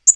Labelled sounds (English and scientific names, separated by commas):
Tennessee Warbler (Leiothlypis peregrina) flight call